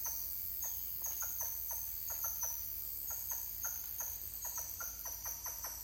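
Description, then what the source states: Titi monkey calls: short clipped pulses in small irregular bursts, with a high insect hum running underneath. More than one titi monkey calling.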